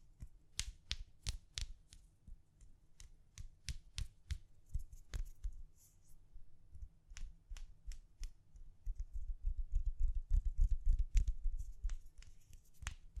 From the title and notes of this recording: ASMR Gently Tapping. (No Talking).